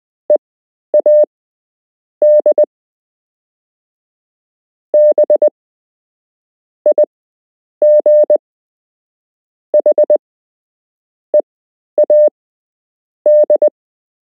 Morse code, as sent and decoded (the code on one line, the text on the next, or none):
. .- -.. / -... / .. --. / .... / . .- -..
EAD B IG H EAD